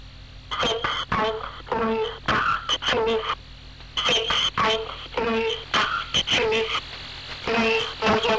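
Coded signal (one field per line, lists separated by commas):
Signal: numbers station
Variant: G02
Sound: a high-pitched voice reads short words in even groups over a low steady hum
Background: radio hum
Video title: G02 Swedish Rhapsody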